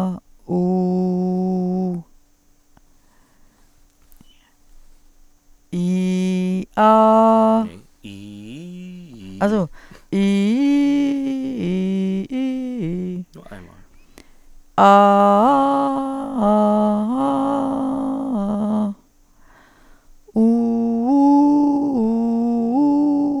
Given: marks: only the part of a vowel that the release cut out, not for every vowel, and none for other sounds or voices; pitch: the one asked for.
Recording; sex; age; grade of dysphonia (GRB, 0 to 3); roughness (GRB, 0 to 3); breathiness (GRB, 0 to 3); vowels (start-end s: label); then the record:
sustained vowels; female; 60 to 69 years; 0; 0; 0
0.64-1.46 s: vowel /u/, low pitch
10.20-12.11 s: vowel /i/, low-high-low pitch
14.95-16.99 s: vowel /a/, low-high-low pitch
20.49-22.61 s: vowel /u/, low-high-low pitch
From the record:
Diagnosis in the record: healthy voice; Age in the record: 62 years